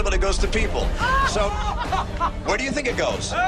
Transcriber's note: laughter